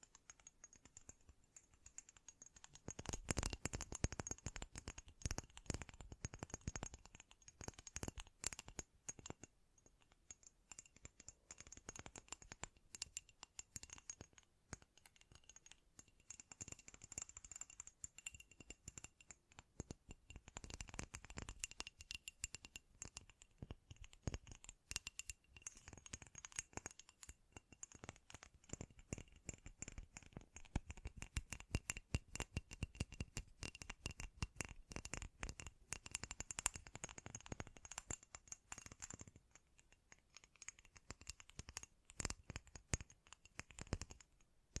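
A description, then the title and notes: Quick, close tapping fills most of the clip, sharp dry clicks coming in dense irregular bursts much like fingers on hard plastic or a keyboard. Busier flurries land around 3–8, 20–23 and 31–39 seconds, with sparser taps between. A small quiet room surrounds it, and a faint high whine sits underneath. ASMR Great Tapping Sounds for Sleep (No Talking).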